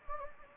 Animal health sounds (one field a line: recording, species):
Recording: mosquito wingbeat signal from an infrared sensor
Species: Anopheles gambiae